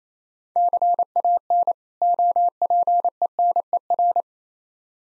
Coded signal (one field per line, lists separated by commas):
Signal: Morse code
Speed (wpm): 27 wpm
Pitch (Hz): 700 Hz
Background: none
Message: CAN OPENER